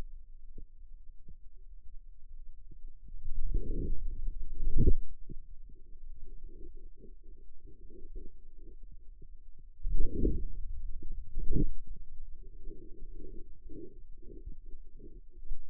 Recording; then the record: forearm muscle sounds (acoustic myography)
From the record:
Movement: outward rotation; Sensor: system 2, bracelet of six BSWA MPA416 microphones around the upper forearm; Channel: 5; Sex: male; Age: 22 years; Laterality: right